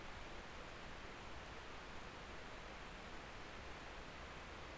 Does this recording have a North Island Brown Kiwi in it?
no